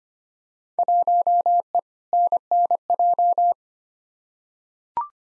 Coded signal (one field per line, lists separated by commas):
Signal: Morse code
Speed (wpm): 25 wpm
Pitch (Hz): 700 Hz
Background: none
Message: 1E NNJ